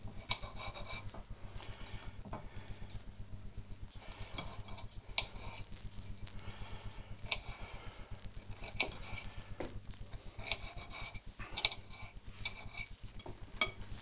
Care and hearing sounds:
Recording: household activities, microphone on the right wrist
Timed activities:
0.00-12.97 s: cutting vegetables

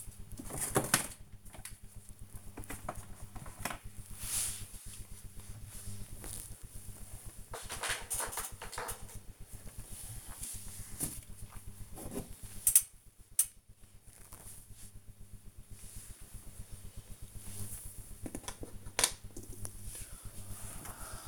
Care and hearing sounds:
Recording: household activities, microphone on the right wrist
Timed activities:
0.00-21.28 s: sorting documents

